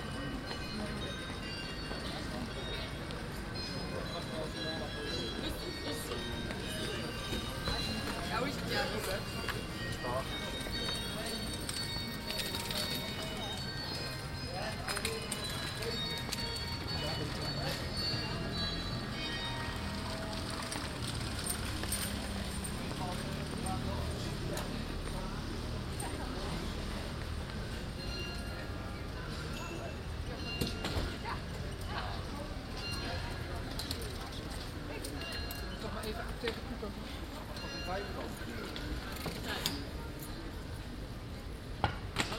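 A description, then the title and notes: Around the big church in The Hague on a sunny Saturday afternoon, a steady crowd murmur of many overlapping voices fills the whole stretch. Hoof clip-clops and brief clatters surface now and then, with a couple of sharper knocks near the end. Een zonnige zaterdagsmiddag rond de Grote Kerk in Den Haag. The actual street name is Rond de Grote Kerk which means ‘Around the big church’. A sunny Saturday afternoon around the big church in The Hague.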